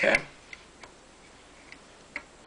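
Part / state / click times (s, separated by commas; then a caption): rifle cleaning rod into its retainer under the barrel / seated / 2.2 s. A steel cleaning rod is pushed back into its slot under the barrel of an AK-pattern rifle. Someone talks briefly at the start, followed by a few faint ticks as the rod slides in. A sharp click at 2.2 s marks the rod snapping into its retaining detent, seated in place.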